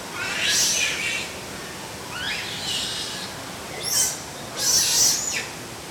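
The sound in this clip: Otter calls: a few scratchy, high-pitched squeals and short rising chirps, over a steady faint hiss.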